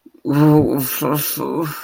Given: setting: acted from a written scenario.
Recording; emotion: vocal sound without words; guilt